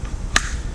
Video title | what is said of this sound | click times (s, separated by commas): HOW TO INSTALL COVER LOCKS | So what it's going to do is once that's on there, that will snap into place, | 0.4 s